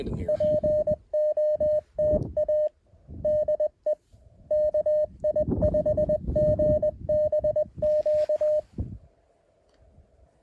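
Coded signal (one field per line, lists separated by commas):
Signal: Morse code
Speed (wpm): 21 wpm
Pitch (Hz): 610 Hz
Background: music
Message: POTA DE KI5GBQ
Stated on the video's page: CW POTA activation on a hike-in summit in the Wichita Mountains.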